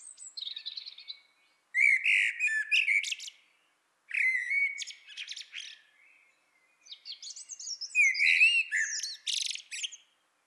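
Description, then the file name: Eurasian blackbird singing several phrases, mellow fluted notes running into thin, scratchy high twitters, separated by brief silences. "Turdus merula"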